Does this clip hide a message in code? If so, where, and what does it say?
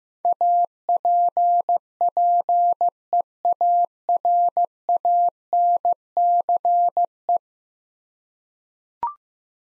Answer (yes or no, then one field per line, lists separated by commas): yes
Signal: Morse code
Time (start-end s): 0.2-7.4 s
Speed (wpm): 15 wpm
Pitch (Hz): 700 Hz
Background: none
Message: APPEARANCE